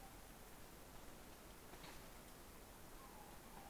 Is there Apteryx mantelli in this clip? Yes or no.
no